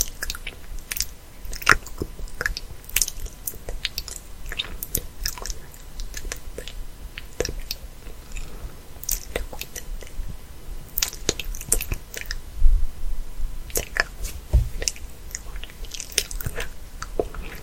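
Inaudible chatter made of puffing, smacking mouth sounds: a dense, irregular stream of short wet clicks and pops, several each second, crisp and bright. Louder pops stand out near 2, 12.5 and 14.5 seconds over a faint low hum.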